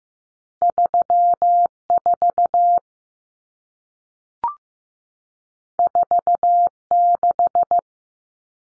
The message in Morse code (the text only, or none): 34 46